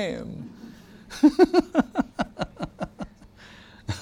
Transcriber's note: laughter